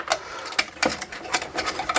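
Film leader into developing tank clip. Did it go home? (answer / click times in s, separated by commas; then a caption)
no / none. The end of a film leader is slid under the two small bars of a Lab-Box daylight developing tank and worked into its pincer clip. Short, bright plastic ticks and rattles are heard, with sharp ones at 0.1 s and 0.6 s and more at about 0.8, 1.35 and 1.9 s. The film has not seated or clicked into the clip yet.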